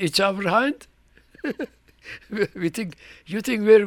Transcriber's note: he laughs